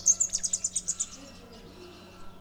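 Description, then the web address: Bright-rumped yellow-finch singing a rapid series of high, thin notes that fade out, with a faint low hum underneath. "cantos jilguecaragris"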